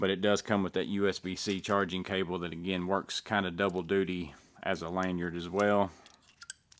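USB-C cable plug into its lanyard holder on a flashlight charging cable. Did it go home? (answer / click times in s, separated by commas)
yes / 6.5 s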